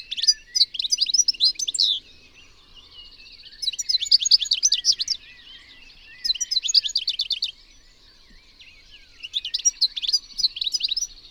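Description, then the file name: European goldfinch singing repeated jingling phrases of fast high notes in four bursts, against a constant thin background hiss. "Carduelis carduelis"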